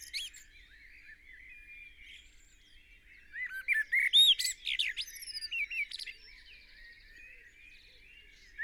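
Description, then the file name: Eurasian blackbird singing one warbled phrase that climbs into a jumble of high, squeaky notes, with quiet before and after. "Turdus merula"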